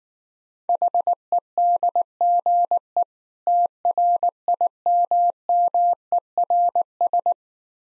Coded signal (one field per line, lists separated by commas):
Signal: Morse code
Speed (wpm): 19 wpm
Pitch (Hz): 700 Hz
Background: none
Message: HEDGE TRIMMERS